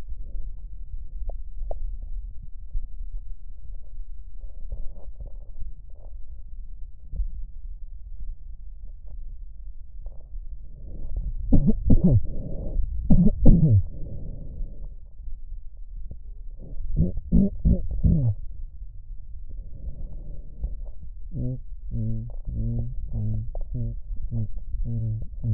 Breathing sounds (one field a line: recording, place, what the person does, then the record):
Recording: lung sounds by stethoscope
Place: left posterior basal chest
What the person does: quiet breathing, then cough and speech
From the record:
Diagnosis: none (healthy)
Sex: male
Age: 30 years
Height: 190 cm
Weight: 88 kg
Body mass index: 24.4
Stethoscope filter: extended mode